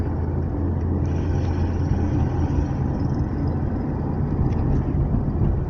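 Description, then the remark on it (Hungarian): Cars roll by on a freshly painted road in a steady, continuous low rumble of engines and tires, with no single pass standing out and no voices. “Jönnek az autók.”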